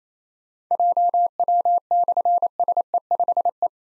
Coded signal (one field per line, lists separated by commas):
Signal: Morse code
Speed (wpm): 27 wpm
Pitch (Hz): 700 Hz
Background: none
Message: JW/SE5E